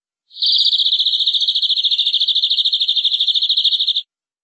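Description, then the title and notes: Canary trilling in one unbroken run of about four seconds, with rapid, evenly spaced high pulses that hold a steady pitch throughout. "BM Suara Kenari. BM Suara Burung Kenari"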